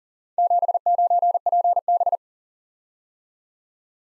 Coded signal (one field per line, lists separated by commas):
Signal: Morse code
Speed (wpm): 41 wpm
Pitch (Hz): 700 Hz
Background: none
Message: 79PB